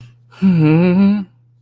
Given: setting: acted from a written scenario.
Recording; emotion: vocal sound without words; romantic love